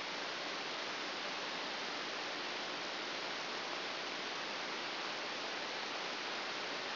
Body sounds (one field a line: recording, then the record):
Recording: brain microelectrode recording played as sound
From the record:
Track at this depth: outside the subthalamic nucleus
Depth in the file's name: 5.001 mm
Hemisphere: right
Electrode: 2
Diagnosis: Parkinson's disease